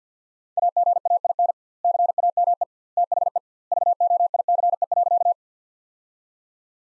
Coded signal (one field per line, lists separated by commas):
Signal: Morse code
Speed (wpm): 50 wpm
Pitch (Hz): 700 Hz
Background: none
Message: AGAIN CAME THE VOICE.